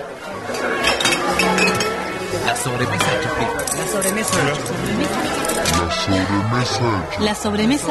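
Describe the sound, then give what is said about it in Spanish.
Glasses and bottles clink repeatedly in bright, sharp taps under a steady bed of overlapping voices and chatter, with a couple of pops like caps coming off beer bottles. “Pero bueno, la onda, por suerte, dar una sobremesa más tranquilo, destapar un poquito de cerveza y bienvenidos.”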